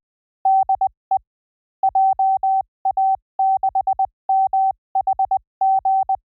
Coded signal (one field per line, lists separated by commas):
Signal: Morse code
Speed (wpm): 20 wpm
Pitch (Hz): 770 Hz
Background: none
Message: DE JA6MHG